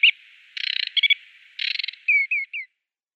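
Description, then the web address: Aquatic warbler song: two bursts of scratchy, churring rattles followed by three clear whistled notes. "Schulze Peter Aquatic Warbler song"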